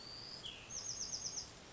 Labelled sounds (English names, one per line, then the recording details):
Bewick's Wren
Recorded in Sonoma County, California